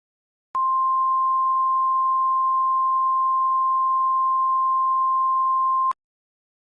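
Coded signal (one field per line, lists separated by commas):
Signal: Emergency Alert System (SAME) tones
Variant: 1050 Hz attention tone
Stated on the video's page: Fictional EAS scenario, a fabricated alert rather than a real activation.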